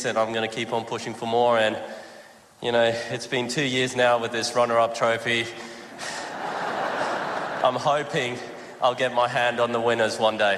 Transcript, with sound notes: And I am going to keep pushing for more. And it has been two years now with this runner up trophy (crowd laughs). I am hoping I will get my hand on the winner' one one day.